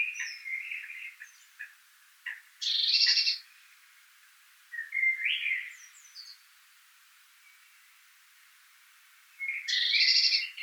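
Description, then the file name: Eurasian blue tit churring twice, a harsh buzzy burst near the start and another at the end, with soft slurred chirps between. "Cyanistes caeruleus"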